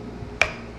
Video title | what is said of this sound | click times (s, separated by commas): Best Smart Water Bottle? - HidrateSpark STEEL vs HidrateSpark 3 - Comparison & Review | and he said do it until you hear the snap so there's that so | 0.4 s